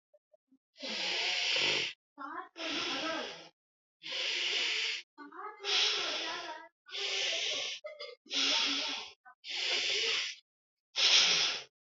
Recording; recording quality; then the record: deep breathing; excellent, no background noise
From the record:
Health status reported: healthy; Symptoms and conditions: none ticked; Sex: male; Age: 44 years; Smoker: not ticked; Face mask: not worn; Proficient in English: yes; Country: India